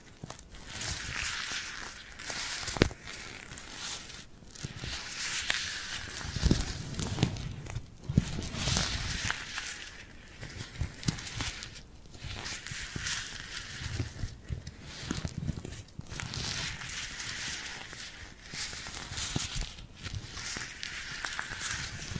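Glue-coated hands rub and peel apart, making a dense, sticky crackling that runs steadily with brief pauses every couple of seconds. The sound is mostly bright and fizzy, with a few sharp snaps near three and eight seconds and soft low thuds around six to eight seconds.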